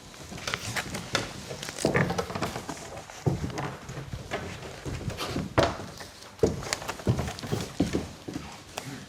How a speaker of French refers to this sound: La porte s'est fermée.